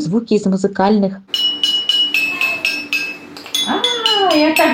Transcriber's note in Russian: Слышно, как звенит палочкой по музыкальной игрушке